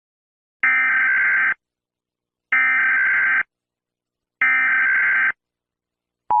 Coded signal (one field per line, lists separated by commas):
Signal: Emergency Alert System (SAME) tones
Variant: header bursts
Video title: EAS Alarm# The killer. (Read description before watching video !￼)